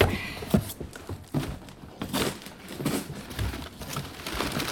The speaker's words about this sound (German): Nun öffne das Paket. Ich platze vor Neugier.